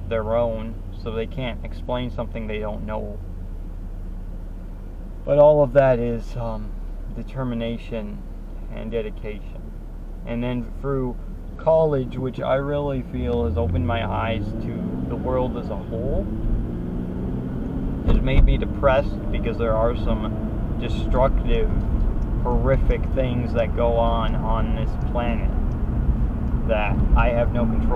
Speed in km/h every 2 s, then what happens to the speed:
0, 0, 0, 0, 0, 0, 2, 23, 34, 40, 45, 48, 50, 52.
0-12 standing. 12-28 pulls away to 52.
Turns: none.